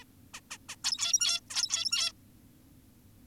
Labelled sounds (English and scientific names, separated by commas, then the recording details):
Zebra Finch (Taeniopygia guttata)
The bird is an adult
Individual g17y2U